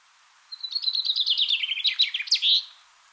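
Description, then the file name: Common chaffinch song, a quick run of high, bright notes that drops in pitch, finishing with an emphatic terminal flourish. "Fringilla coelebs"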